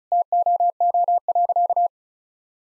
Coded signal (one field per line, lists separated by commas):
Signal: Morse code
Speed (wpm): 36 wpm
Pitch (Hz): 700 Hz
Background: none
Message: TOO.